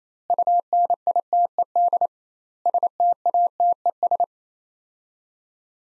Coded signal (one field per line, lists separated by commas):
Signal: Morse code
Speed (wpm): 27 wpm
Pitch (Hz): 700 Hz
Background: none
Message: UNITED STATES